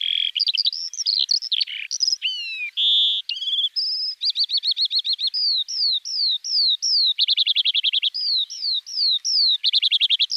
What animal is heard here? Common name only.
Eurasian Skylark